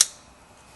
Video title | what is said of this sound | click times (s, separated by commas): How to replace the spark plugs on a 2011 Toyota Tacoma | And when you push them on, you push it in, you'll hear it snap in, | 0.0 s